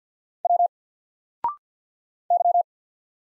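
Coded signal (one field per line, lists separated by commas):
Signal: Morse code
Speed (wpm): 50 wpm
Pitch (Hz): 700 Hz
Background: none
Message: W Y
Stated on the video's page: Single letters sent in Morse at 50 wpm for instant character recognition, each sent, spoken after a 0.6-second pause, then sent again.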